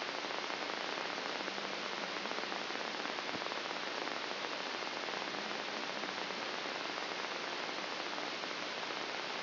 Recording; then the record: brain microelectrode recording played as sound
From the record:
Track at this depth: inside the subthalamic nucleus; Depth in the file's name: 0.03 mm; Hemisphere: left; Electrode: 3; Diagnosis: Parkinson's disease